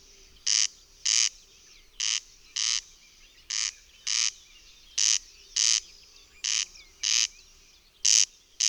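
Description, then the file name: Corn crake rasping insistently, scratchy two-note phrases repeated at a regular beat for several seconds against a faint, quiet backdrop. "Derkacz"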